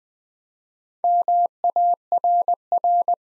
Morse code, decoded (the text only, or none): MARR